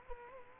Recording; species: mosquito wingbeat signal from an infrared sensor; Culex quinquefasciatus